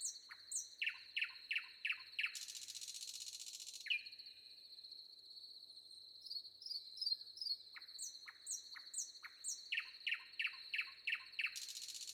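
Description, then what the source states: Common nightingale song with runs of sharp repeated notes, rattling buzzes, a held whistle and high twittering phrases, backed by a constant high cricket trill. Recorded with wind and crickets.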